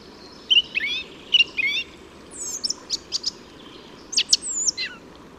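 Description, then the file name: Song thrush song with a few short phrases: twittering notes, a few sharp repeated notes, then descending slurred notes, with pauses between. "Singdrossel Gesang"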